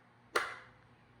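The plastic lid of an HKFIF countertop vacuum sealer is pressed shut with its two lid buttons and latches onto the sealer base. A single sharp snap sounds at 0.4 s, rising out of a low, quiet background and fading over about half a second. The snap confirms the lid is closed.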